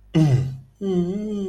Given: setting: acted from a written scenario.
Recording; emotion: vocal sound without words; sympathy